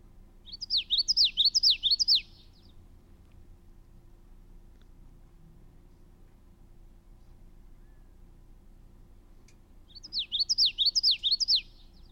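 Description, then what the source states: Common Yellowthroat song at normal speed: a rapid, high 'witchety-witchety' phrase repeated four times, given twice with a long pause between. Song of four phrases, 'witchety, witchety, witchety, witchety', played at regular speed; each note rises, sometimes rising, falling and rising rapidly.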